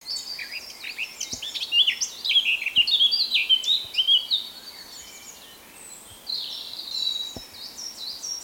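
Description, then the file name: Eurasian blackcap song, a rapid, varied warble of high chirps and short whistles in bursts, with a quieter pause partway through. "Sylvia atricapilla"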